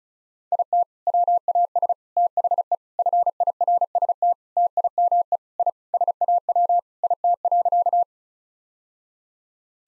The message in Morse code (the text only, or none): IT WAS THE FIRST TIME I SAW IT.